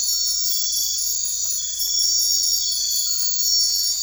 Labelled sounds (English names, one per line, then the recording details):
none
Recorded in secondary vegetation near Puerto Asís, Putumayo, Colombia, on 4 March 2025 at 23:30
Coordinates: 0.499, -76.323
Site G094